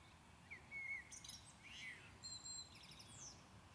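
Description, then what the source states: Common blackbird song: clear fluting whistled notes interspersed with high scratchy chatter and a final squeaky flourish, steady low background hum. Recorded at Maindy.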